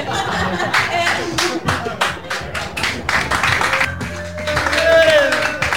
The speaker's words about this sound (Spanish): me encanta porque acá aplaudan cualquier pavada, pero bueno, no importa.